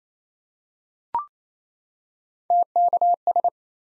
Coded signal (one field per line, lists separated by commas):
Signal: Morse code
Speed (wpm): 27 wpm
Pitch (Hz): 700 Hz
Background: none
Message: TKS